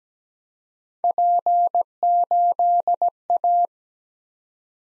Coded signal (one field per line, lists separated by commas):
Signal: Morse code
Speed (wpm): 17 wpm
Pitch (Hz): 700 Hz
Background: none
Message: P8A